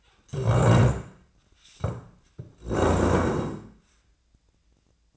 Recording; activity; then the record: daily activity, microphone in the room; stand up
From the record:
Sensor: 2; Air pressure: 1012.1 hPa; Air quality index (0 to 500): 159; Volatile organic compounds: 2 ppm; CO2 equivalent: 1168 ppm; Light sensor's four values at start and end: 74/166/77/89 and 45/107/48/55